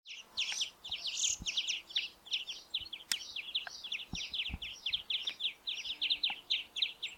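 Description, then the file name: European greenfinch calls, rapid run of short high chirping and twittering notes, nearly continuous throughout, with faint low thumps beneath. "Chloris chloris"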